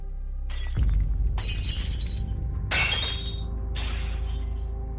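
Bowls and plates from a feast tray swept off a table crash to the floor in several loud bursts, each a bright, jangling shatter of breaking crockery ringing out over a low rumble, with no voices.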